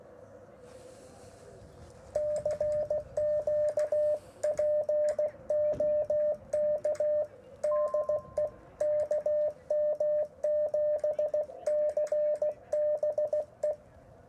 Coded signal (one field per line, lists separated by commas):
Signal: Morse code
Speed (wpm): 16 wpm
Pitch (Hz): 600 Hz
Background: radio noise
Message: CQ POK DE KM7CBE